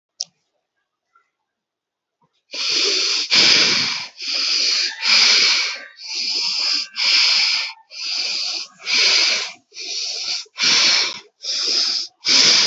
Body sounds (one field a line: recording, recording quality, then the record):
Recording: shallow breathing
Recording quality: moderate, slight background noise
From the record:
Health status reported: healthy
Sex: male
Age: 23 years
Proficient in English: yes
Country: India